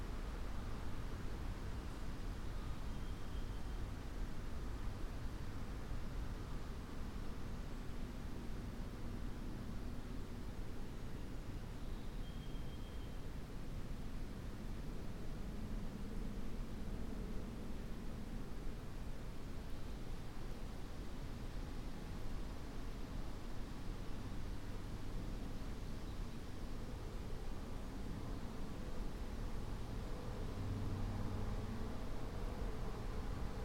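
Breeze moves through an oak, hickory and maple stand on a ridge as a steady, dense rush that stays at an even level for the whole stretch. The sound is heaviest in the low rumble, with a softer hiss above. A couple of faint, brief high chirps come through near the start.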